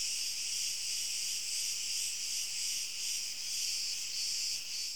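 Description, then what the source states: Crickets stridulating in a dense, continuous high-pitched chorus with a faintly pulsing rhythm and no other clear sounds. Crickets in the open, stridulating with a high-pitched rubbing sound.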